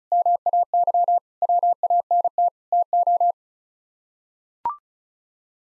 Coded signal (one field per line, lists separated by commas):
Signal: Morse code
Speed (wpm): 34 wpm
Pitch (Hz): 700 Hz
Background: none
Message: MAY WANT TO